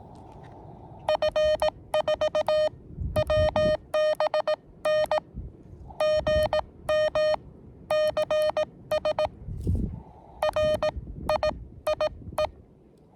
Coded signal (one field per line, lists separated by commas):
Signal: Morse code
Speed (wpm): 18 wpm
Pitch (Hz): 620 Hz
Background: none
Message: F4WBN GM CS R IIE